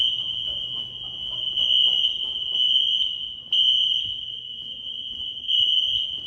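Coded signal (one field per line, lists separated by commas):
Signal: alarm pattern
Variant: Wheelock NS horn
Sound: harsh, continuous high-pitched electronic horn blaring, with two very short breaks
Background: faint room noise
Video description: Early 2000s fire alarm system using white wheelock NS horn strobes.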